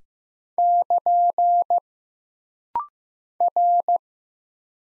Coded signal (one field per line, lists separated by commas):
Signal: Morse code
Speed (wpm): 15 wpm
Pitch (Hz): 700 Hz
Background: none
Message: <KN> R